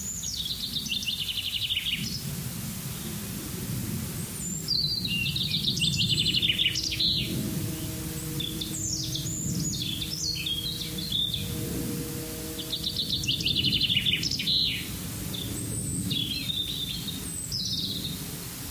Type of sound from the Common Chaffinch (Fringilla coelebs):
song